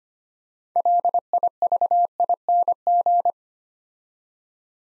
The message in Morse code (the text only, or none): LIVING